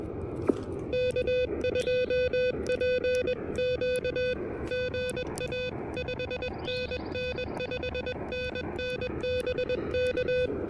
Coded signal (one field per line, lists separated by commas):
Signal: Morse code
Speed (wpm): 21 wpm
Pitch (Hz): 2500 Hz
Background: music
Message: K2PQ GA 5NN 5NN BK